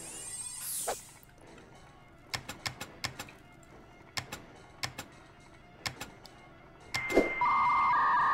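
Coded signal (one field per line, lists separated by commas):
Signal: dial-up modem handshake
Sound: several clicks, then a one-second high answer tone, then warbling two-tone modem chatter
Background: clicks and thumps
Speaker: oh God the dial up sound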